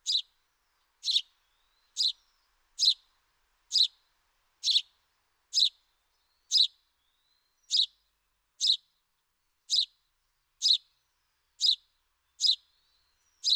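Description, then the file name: House sparrow giving loud, harsh chirps, single notes repeated steadily about once a second, with a few faint thin whistles between some of them. "Passer domesticus"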